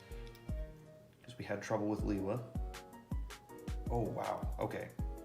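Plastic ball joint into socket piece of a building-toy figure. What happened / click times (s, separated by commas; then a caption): Handled, not yet home: no seating pop heard before the clip ends / none. A plastic ball joint is being forced toward the socket piece of a clone building-toy figure, with someone talking and music playing underneath. A few short sharp sounds come through around 3.1, 3.3 and 3.7 seconds, but nothing has seated or popped into place yet by the end of the clip.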